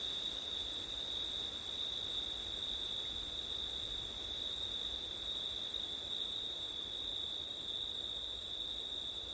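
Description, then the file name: Crickets keep up an even, piercing trill with a fainter, higher shimmer above, against a low, constant breath of wind. Crickets on a September night, with wind, recorded with an ORTF stereo microphone setup. "crickets wind september night ortif"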